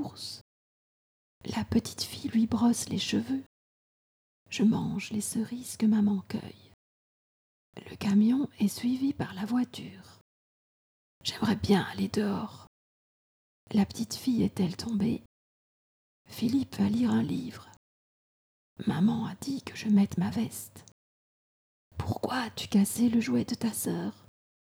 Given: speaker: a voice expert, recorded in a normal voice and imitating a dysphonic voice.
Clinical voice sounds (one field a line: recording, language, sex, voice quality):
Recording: read sentences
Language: French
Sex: female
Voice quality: dysphonic voice